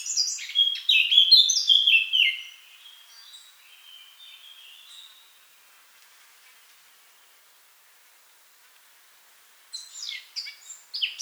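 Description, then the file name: Eurasian blackcap delivers a quick warble ending in a clear whistled phrase, then falls silent for several seconds before starting another scratchy phrase. "Sylvia atricapilla"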